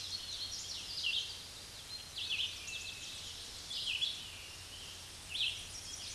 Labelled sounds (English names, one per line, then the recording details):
Red-eyed Vireo song
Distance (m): 35 m
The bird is about 25 m above the microphone
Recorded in a Pennsylvania forest on 16 May 2024 at 06:31
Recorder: AudioMoth, point MSD-2095
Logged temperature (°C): 16.3 °C
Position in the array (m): 165 m, 72 m